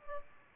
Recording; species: mosquito wingbeat signal from an infrared sensor; Aedes albopictus